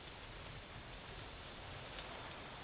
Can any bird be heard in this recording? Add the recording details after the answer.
no. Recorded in pastures near Puerto Asís, Putumayo, Colombia, on 8 March 2025 at 11:30. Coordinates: 0.487, -76.322. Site G077